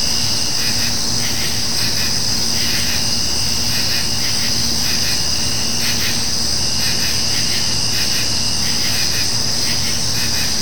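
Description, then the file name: Dense insect chorus: a sustained shrill whine plus repeated buzzy bursts throughout, with a low steady hum beneath. Summer night nature ambience of insects. "kevin boucher nature ambience summer insects night"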